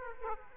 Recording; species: mosquito wingbeat signal from an infrared sensor; Aedes aegypti